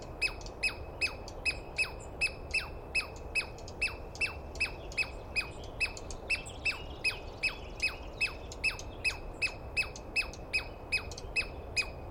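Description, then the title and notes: Douglas squirrel calls: harsh, rapid chirps each sweeping down from high pitch, repeated about two and a half times a second in a steady run, over faint background hiss. Wild Douglas pine squirrel screaming at dawn, morning of 21 April 2017, East Cascades; calling at length at the recordist, identified by sound without a good look. "On the morning of 21 April, 2017, I set up my microphones and recorder for a nice dawn recording in the East Cascades. I was started awake by a screaming Douglas Pine Squirrel"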